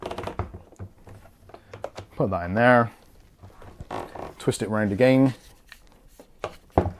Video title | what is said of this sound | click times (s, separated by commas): VAX Spot Wash CDCW-CSXS Budget Portable Carpet Spills & Stain Washer Unboxing & Demo | it locks into place | 6.8 s